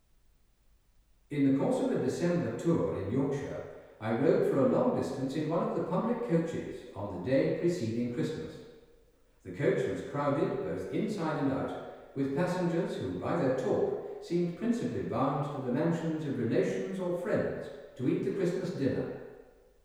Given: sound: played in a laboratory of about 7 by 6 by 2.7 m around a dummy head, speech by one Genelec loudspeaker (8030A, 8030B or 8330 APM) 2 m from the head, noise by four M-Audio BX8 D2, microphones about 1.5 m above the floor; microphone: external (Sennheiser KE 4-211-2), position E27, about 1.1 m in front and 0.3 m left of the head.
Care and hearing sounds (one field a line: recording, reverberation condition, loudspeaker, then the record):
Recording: male speech in English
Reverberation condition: high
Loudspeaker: 150 degrees to the right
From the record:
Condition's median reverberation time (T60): about 1300 ms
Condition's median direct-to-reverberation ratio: about -4.0 dB